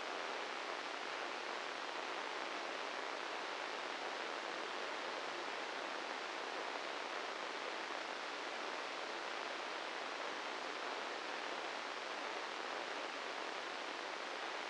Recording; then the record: brain microelectrode recording played as sound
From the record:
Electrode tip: inside the subthalamic nucleus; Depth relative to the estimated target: 1 mm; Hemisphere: right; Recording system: NeuroSet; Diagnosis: Parkinson's disease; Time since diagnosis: 10 years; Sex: male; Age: 56 years